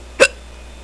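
A single short, sharp hiccup from an adult: a sudden gulping burst lasting about a tenth of a second, against a quiet background.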